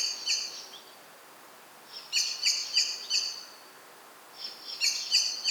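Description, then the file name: Common blackbird calling in repeated bouts of sharp metallic chinks, about three notes a second, with short pauses between runs. "Turdus merula"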